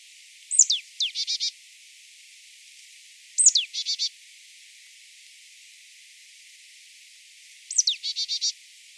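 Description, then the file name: Marsh tit calls: a sharp, high downslurred note followed by three or four buzzy, nasal notes, the phrase given three times at irregular intervals over a quiet background. "Poecile palustris"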